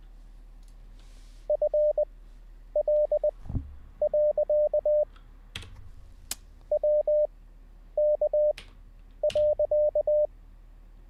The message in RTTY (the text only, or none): none